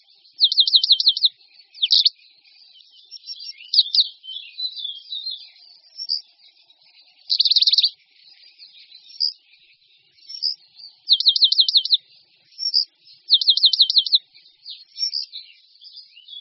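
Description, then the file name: Eurasian penduline tit giving a long run of high, fast trilled bursts, alternating with thin slurred notes and quiet twittering throughout. "Moudivláček-lužní"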